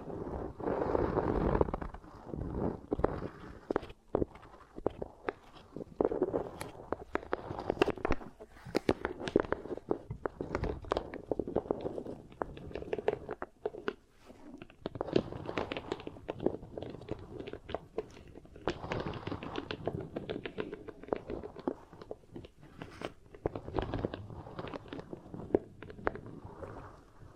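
Beeswax is worked in sticky, squishing motions, giving a steady stream of crackles, pops and soft taps that never settles into a regular beat. Sharp clicks stand out against a low, muffled rubbing, with fuller bursts near the start and again around twenty seconds.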